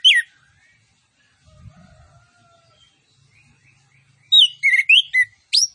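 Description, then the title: Orange-headed thrush song: a single swept note, then faint low rustling and thin tones, ending with a burst of loud rising and falling whistles. Master recording of lively (gacor) song with full fill-in phrases, including cililin-style 'tembakan' bursts. "Anis Kembang Gacor. MASTERAN ANIS KEMBANG ISIAN FULL DENGAN TEMBAKAN CILILIN"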